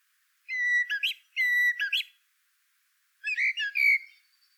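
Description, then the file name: Common blackbird calling: two quick bursts of harsh, clucking notes, then a pause and a third burst. "Turdus merula"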